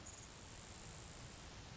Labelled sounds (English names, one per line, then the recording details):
Grasshopper Sparrow
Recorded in Sonoma County, California